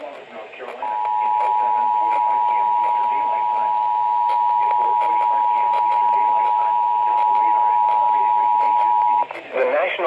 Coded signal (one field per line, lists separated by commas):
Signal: Emergency Alert System (SAME) tones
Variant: 853 and 960 Hz attention tone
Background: speech